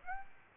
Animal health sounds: mosquito wingbeat signal from an infrared sensor; Aedes aegypti

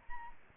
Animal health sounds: mosquito wingbeat signal from an infrared sensor; Aedes albopictus

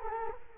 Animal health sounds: mosquito wingbeat signal from an infrared sensor; Culex quinquefasciatus

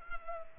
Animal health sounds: mosquito wingbeat signal from an infrared sensor; Culex pipiens

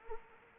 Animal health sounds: mosquito wingbeat signal from an infrared sensor; Anopheles arabiensis

